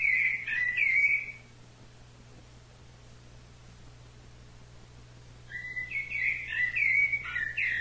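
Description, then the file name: Thrush song: a brief run of whistled notes, a pause of about four seconds, then more varied whistled notes, over a low hum. "SABIA"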